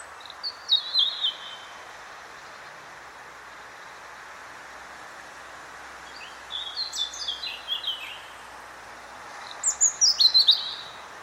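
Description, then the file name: European robin singing three short, high, sparkling phrases of thin whistles and rapid twitters, separated by pauses of about five seconds and then under two seconds, against a soft constant background hiss. "Erithacus rubecula"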